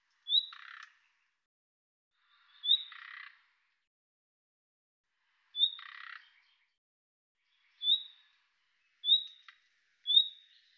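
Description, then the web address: Bird giving six calls over about ten seconds: high whistled notes, the first three followed by buzzy rasps, the later ones shorter and coming closer together. "Deverinetal 2025"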